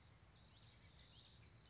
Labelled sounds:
Common Yellowthroat (Geothlypis trichas)
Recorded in Sonoma County, California

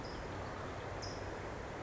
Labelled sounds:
California Towhee (Melozone crissalis)
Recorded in Sonoma County, California

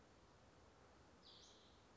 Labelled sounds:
Western Flycatcher (Empidonax difficilis)
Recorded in Sonoma County, California

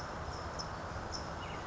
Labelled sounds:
California Towhee (Melozone crissalis)
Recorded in Sonoma County, California

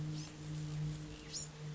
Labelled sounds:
Bewick's Wren (Thryomanes bewickii)
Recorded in Sonoma County, California

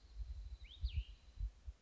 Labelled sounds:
Cassin's Vireo (Vireo cassinii)
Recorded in Sonoma County, California

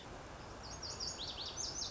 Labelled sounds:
Lazuli Bunting (Passerina amoena)
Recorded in Sonoma County, California

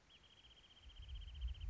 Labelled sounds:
Wrentit (Chamaea fasciata)
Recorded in Sonoma County, California

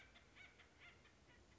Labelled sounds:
Acorn Woodpecker (Melanerpes formicivorus)
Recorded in Sonoma County, California

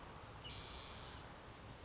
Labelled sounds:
Spotted Towhee (Pipilo maculatus)
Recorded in Sonoma County, California

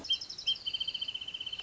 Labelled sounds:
Wrentit (Chamaea fasciata)
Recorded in Sonoma County, California

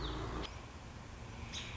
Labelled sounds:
American Robin (Turdus migratorius)
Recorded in Sonoma County, California

